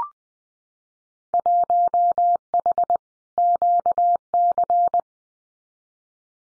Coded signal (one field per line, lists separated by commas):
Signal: Morse code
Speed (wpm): 20 wpm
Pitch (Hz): 700 Hz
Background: none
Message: 1H QC